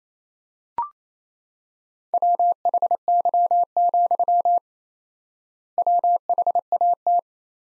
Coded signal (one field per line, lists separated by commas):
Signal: Morse code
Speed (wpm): 28 wpm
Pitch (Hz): 700 Hz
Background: none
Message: WHY, WHAT